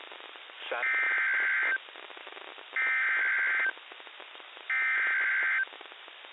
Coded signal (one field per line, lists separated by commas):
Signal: Emergency Alert System (SAME) tones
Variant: header bursts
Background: speech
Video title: [EAS #1] WXJ94 - Severe Thunderstorm Warning (July 29, 2021; 2:43 PM)